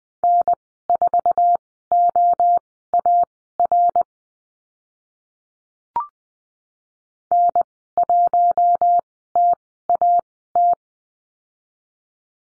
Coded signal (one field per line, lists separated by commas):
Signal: Morse code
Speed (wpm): 20 wpm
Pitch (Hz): 700 Hz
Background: none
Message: N4OAR N1TAT